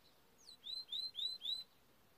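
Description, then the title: Timbrado canary song: a quick falling slur, then four bright rising whistled notes at an even pitch, repeated rapidly over about one second. Timbrado breed canary singing; training video. "Canary Bird Singing - Timbrado training video"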